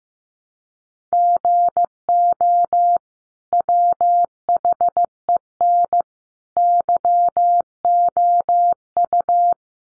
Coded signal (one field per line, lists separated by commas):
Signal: Morse code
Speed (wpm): 15 wpm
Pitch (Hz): 700 Hz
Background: none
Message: GO WHEN YOU